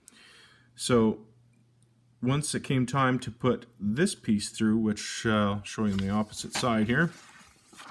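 Someone talks while handling a plastic part for a 1/35 Meng T-10M tank model, working it toward a mounting hole in the model hull so it can be pushed through to the opposite side. Only faint handling noises accompany the talk, and nothing has seated or clicked yet.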